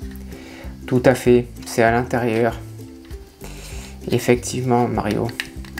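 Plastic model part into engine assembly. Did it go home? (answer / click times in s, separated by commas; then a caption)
no / none. Someone talks over background music while handling a small plastic part of a 1/4-scale motorcycle model, fitting it on the inside of the engine assembly where it is meant to clip in. Only handling sounds and faint taps are heard; nothing has seated or clicked yet.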